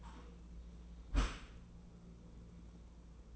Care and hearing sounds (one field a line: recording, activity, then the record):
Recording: daily activity, microphone in the room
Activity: close dishwasher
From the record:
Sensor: 1